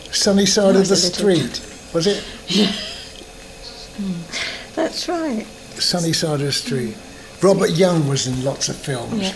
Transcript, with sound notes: 'Sunny Side of the Street', was it?
Ye-es!. [Laughs] That's right.
'Sunny Side of the Street'. Robert Young was in lots of films.